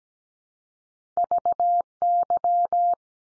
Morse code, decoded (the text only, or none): VY